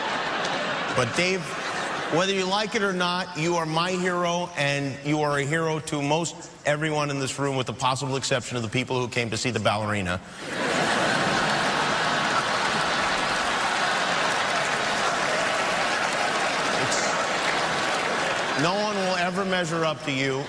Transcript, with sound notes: But Dave, whether you like it or not, you are my hero, and you are a hero to most everyone in this room with the possible exception of the people who came to see the ballerina.
(LAUGHTER)
No one will ever measure up to you.